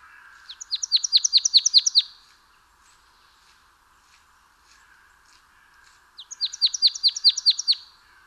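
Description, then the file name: Marsh tit calling in two fast rattling bursts of clipped chips, each lasting under two seconds and separated by about four seconds of quiet hiss. "Poecile palustris"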